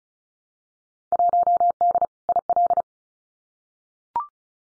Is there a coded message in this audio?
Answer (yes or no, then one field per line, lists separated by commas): yes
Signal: Morse code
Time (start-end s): 1.1-2.8 s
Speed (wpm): 36 wpm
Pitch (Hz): 700 Hz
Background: none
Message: 1D IL